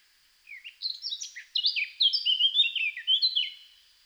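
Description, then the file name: Eurasian blackcap song, a quick scratchy warble of varied notes that runs into clearer, louder fluting phrases near the end, lasting about three seconds. "Sylvia atricapilla"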